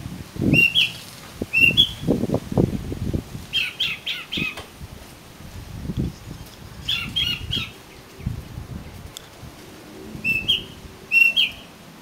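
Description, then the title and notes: Oriental magpie-robin song: sweet whistled notes mixed with quick chirp bursts, with low rumbling knocks and background noise throughout. "suara kacer. kumpulan suara burung kacer"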